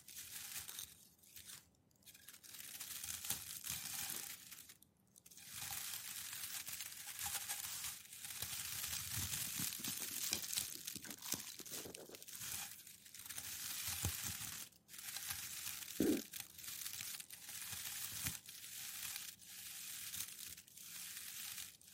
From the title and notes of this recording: TimASMR-Packing Paper Slow Crinkles, Stroking, Rolling, Pressing, Rustling (NO TALKING).